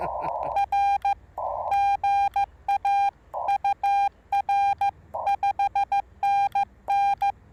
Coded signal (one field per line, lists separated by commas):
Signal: Morse code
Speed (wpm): 15 wpm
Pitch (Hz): 810 Hz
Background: none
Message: R GA UR 5NN